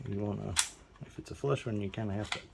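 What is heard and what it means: Someone talks while a flush-fitting cover is handled at its mounting with detents, to be pushed into place with a finger. Nothing has seated or clicked yet.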